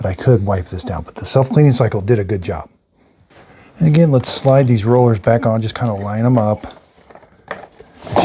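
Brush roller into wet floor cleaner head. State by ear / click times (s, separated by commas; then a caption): seated / 8.2 s. Someone talks while sliding a cleaned brush roller back onto a Dyson wet floor cleaner head, lining it up. A few faint taps follow, then a sharp click at 8.2 s as the roller seats in place.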